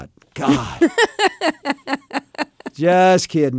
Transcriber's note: laughter